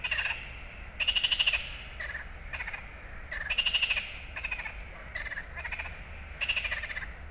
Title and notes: Allée des Ramiers, 31150 Fenouillet, France - Une nuit à lécoute de létang des Gourgues #2. Ambiance éminement nocturne entre stridulations d'insectes et cris de chouette (épeiche ?) et bien entendu concert interminable de batraciens